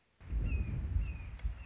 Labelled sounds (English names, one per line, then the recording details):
Red-shouldered Hawk
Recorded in Sonoma County, California